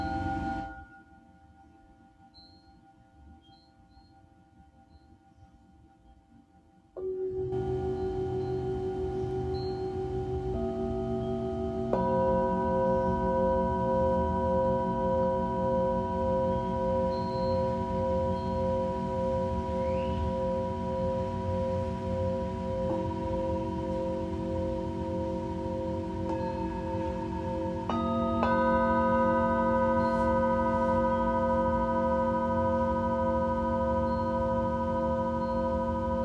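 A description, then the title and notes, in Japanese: Singing bowls ring in long sustained tones, starting softly, then swelling after seven seconds as more bowls join, layering steady humming pitches throughout. シンギングボウルのサウンドヒーリング。チベタンシンギングボウル。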